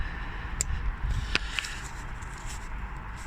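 A plastic wiring connector with its locking clip fitted is pushed down onto the top of a fuel injector on a Saab B204 engine in a Corsa B. Three sharp clicks are heard at 0.6, 1.4 and 1.6 seconds over a low background rumble, with the connector seating at 1.4 seconds. It ends up on tight.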